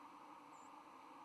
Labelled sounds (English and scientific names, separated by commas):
White-throated Sparrow (Zonotrichia albicollis) flight call